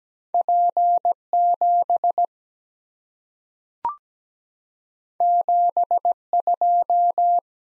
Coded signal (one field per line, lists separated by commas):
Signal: Morse code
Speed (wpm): 17 wpm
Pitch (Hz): 700 Hz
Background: none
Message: P7 72